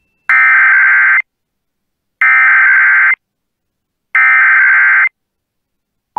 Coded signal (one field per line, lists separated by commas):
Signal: Emergency Alert System (SAME) tones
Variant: header bursts